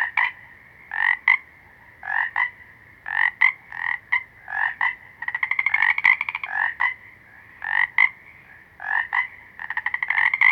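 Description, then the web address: Frogs croaking in doubled notes, with fast pulsed trills midway and again near the end. Several small green frogs. "Natures Songs Nature Sounds Sounds of Nature Collection Small Green Froggies"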